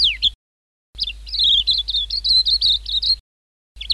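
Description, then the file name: White-eye: a sharp falling note, then a quick series of high, bright chirping notes over about two seconds. "suara kicauan burung kacamata perak. omkicau"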